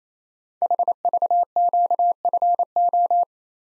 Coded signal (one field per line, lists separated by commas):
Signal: Morse code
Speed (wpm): 28 wpm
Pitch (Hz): 700 Hz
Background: none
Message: HVQFO